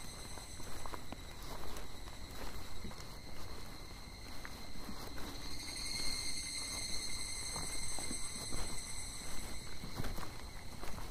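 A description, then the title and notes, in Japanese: Footsteps crunch steadily along a mountain trail while insects hold a continuous high, ringing drone that brightens slightly after the midpoint. 景信山・高尾山 - VOICE OF MOUNTAIN。夏の夕方、景信山から高尾山を歩いたときにステレオマイクで収録した音声です。夕方らしい虫や鳥の声と山をただ無心で歩いています。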